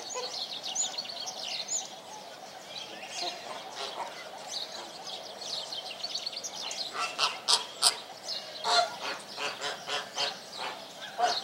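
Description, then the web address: Flamingo flock honking, a dense chorus of nasal, goose-like calls overlapping throughout, growing louder and more frequent toward the end. "Sound Effects-BBC Birds Flamingoes"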